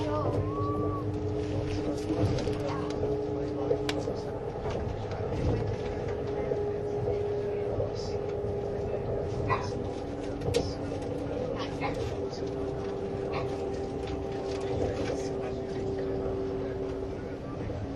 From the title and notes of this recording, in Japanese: SBB線 ICN10022レ01 Lugano～(Göschenen)。スイスでは主力の車体傾斜車両であるRABDe500形ICN、その本領を発揮するゴッタルド線の列車を収録したものです。収録年月:2013,05。